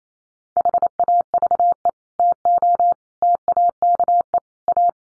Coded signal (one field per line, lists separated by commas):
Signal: Morse code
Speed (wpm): 28 wpm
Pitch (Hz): 700 Hz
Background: none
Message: HAVE TO TAKE A